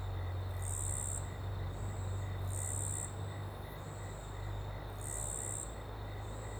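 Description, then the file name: Cricket giving bright, high buzzy trills in a few bursts, with a low steady rumble. Ambience in a small open woodland with a river in the background; cricket very prominent on the left channel. "Ambiente em Pequena Mata Aberta e Rio ao Fundo com Grilo bem Presente na Esquerda"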